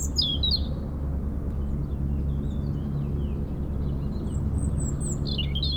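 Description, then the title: European robin giving brief high whistled notes at the start and end, with faint thin notes between, over a heavy low helicopter rumble. Singing in a hedge near Lac du Bourget, Brison-Saint-Innocent, France, during helicopter lifting work on a cliff, sound echoing off Mont Corsuet; Zoom H4n Pro set vertically on ground. "4 Chem. de la Pointe Forestier, Brison-Saint-Innocent, France - Duo rouge-gorge hélicoptère"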